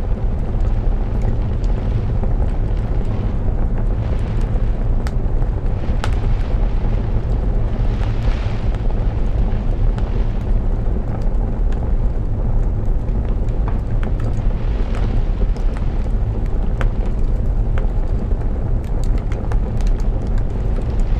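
A crackling fireplace in a cabin, with steady rain behind it. A dense, low roar holds even throughout, while sharp pops and snaps break through irregularly, several every few seconds. The sound is warm, with no change in level.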